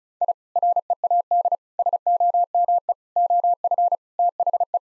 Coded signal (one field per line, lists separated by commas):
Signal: Morse code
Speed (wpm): 34 wpm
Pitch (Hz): 700 Hz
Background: none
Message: I READ SOME OF THE